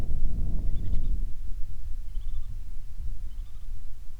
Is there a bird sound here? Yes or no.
yes